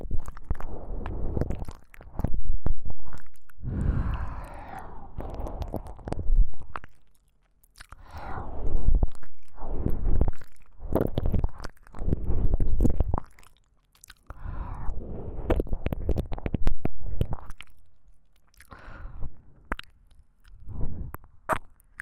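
Deep ear licking: wet, squishy smacks and slurps come in dense bursts of a few seconds each, separated by brief near-silent pauses. The sounds are mostly low and thick, with occasional brighter crackles and sucking swells, and the rhythm stays irregular throughout.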